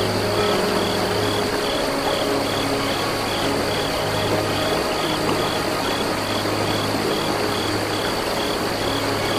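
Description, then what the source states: Cricket chirps repeat in an even high pulsing rhythm beneath soft sustained flute tones, with running water hissing throughout and a deep hum below. Crickets by a small river.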